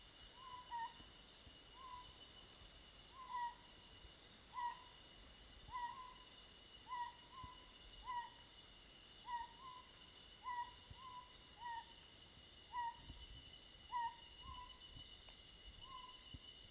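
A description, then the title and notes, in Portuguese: A Príncipe scops owl sings a short, slightly rising hoot, repeated at a steady pace of roughly one note per second throughout. Behind it runs a constant high, insect-like drone, with faint higher whistles coming and going. O canto do mocho-do-príncipe (Otus Bikegila), gravação de Martim Melo.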